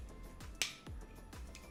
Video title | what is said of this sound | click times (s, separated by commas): Building Team Spidey's Web Spinner HQ: LEGO Adventure! | and this piece snaps right into here | 0.6 s